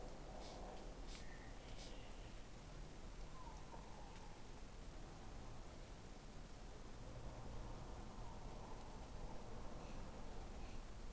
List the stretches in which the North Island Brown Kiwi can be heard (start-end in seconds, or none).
none